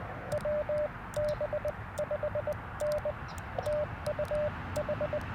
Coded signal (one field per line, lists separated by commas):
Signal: Morse code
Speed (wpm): 20 wpm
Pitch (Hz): 600 Hz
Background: radio noise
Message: WB5N TUH